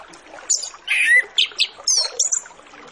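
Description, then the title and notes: Orange-headed Thrush song, a short dense phrase of high whistles, rich warbles and sharp chirps. Full-fill master recording used as a lure to get Orange-headed Thrushes to sing quickly and openly. "Masteran Anis Kembang Full Isian Untuk Suara Pancingan Anis Kembang Agar Cepat Ngeplong. Suara Burung Anis Kembang"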